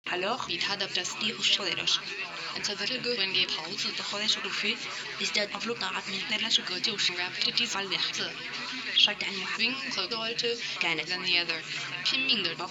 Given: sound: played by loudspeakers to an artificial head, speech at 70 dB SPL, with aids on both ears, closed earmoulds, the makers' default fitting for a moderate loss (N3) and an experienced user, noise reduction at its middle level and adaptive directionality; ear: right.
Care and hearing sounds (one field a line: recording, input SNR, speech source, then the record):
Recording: speech test signal (ISTS) in cocktail-party noise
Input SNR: +3 dB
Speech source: on the right (90 degrees)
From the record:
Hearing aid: class 1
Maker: A